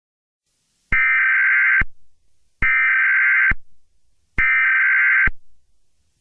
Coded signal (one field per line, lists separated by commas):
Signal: Emergency Alert System (SAME) tones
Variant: header bursts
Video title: EAS scenario #1: The doom Rig